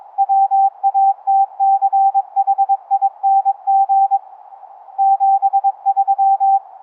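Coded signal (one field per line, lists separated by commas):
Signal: Morse code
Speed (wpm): 22 wpm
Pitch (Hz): 790 Hz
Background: none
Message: WATCHING 73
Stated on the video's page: Live demo of 11 Hz ELF through-the-earth cave radio CW, straight key and keyer, upconverted to audible pitch, sound card SDR, ferrite rod antennas.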